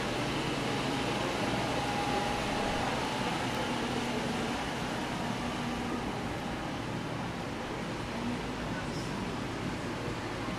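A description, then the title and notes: Steady dense street hum along 5th Avenue in Playa Del Carmen, with traffic drone, faint murmuring voices and a few brief higher tones. In this episode we are taking a stroll down the busy 5th avenue in Playa Del Carmen, Mexico. Walking Down 5th Avenue In Playa Del Carmen.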